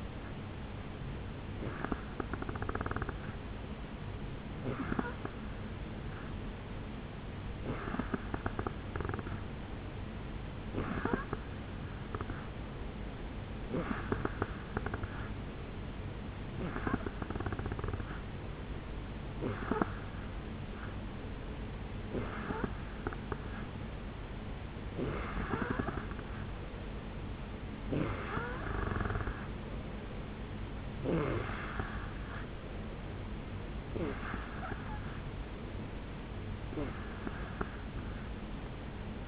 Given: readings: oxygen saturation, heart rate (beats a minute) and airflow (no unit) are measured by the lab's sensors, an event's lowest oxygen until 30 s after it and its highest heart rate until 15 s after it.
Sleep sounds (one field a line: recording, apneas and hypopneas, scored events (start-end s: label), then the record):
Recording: breathing in sleep by a voice recorder at the bedside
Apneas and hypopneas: none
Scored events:
none scored
From the record:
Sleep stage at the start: N2 (light sleep)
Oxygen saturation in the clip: 87 to 88%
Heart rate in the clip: 71 to 75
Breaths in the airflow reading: 14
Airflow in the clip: -4.6 to 3.1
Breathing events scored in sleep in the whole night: 449 in 7.0 hours asleep